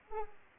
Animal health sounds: mosquito wingbeat signal from an infrared sensor; Anopheles arabiensis

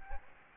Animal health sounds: mosquito wingbeat signal from an infrared sensor; Aedes albopictus

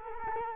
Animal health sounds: mosquito wingbeat signal from an infrared sensor; Culex quinquefasciatus

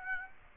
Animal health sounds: mosquito wingbeat signal from an infrared sensor; Aedes aegypti

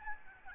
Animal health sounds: mosquito wingbeat signal from an infrared sensor; Aedes albopictus

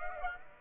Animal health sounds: mosquito wingbeat signal from an infrared sensor; Aedes aegypti

